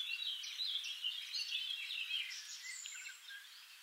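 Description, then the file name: Eurasian wren song, a rapid, high jumble of twittering notes and short trills running without pause, slowly fading toward the end. "Troglodytes troglodytes"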